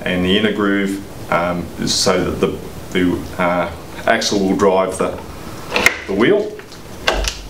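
Someone talks while handling an MGI Zip Series golf buggy wheel at its metal axle, where the inner groove lets the axle drive the wheel. Brief knocks of handling are heard near the end, but the wheel has not yet clicked or seated into the locking groove.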